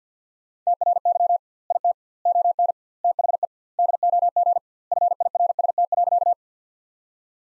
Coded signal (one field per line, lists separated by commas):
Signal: Morse code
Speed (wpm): 50 wpm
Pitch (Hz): 700 Hz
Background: none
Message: TRY IT ON THE DOG FIRST.